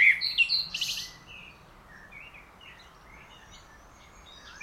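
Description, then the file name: Common blackbird song: a loud burst of high twittering notes in the first second, then faint high notes over background noise. "Turdus merula"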